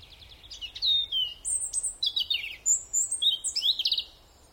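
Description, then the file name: European robin pouring out a rapid, varied phrase of sweet whistles, sharp high notes and short buzzy trills, tumbling in quick succession. "Erithacus rubecula"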